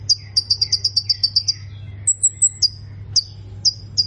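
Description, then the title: Plain prinia song: a rapid series of repeated high chirps, then a thin high whistle and scattered sharp notes, with a low background hum. "Ciblek Sawah"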